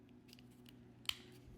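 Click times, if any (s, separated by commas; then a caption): 1.1 s. A plastic Transformers Studio Series '86 Deluxe Class Scavenger action figure's knee joint is straightened by hand until it locks so the leg stays straight. A few faint ticks sound around 0.3, 0.4 and 0.7 seconds before a sharp click at 1.1 seconds. The knee is locked in place.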